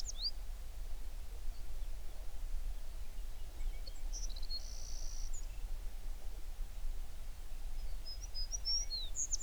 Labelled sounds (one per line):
songbird